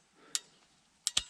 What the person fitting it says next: tiếng "cạch" nhỏ, ở đây kẹp của tôi được đóng chặt